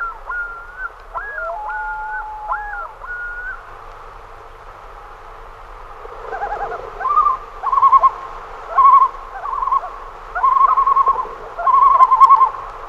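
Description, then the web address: Common loon calling: sliding, looping whistled notes at first, then a series of loud, wavering tremolo bursts. "great northern loon"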